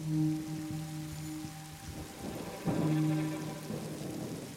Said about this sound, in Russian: Снаружи льет дождь.